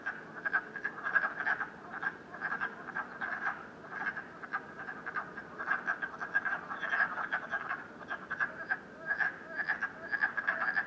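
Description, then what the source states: Frogs croaking continuously, short pulsed notes repeated quickly and layered into a dense rhythmic chorus. Frogs croaking at night in Canada, recorded during COVID-19.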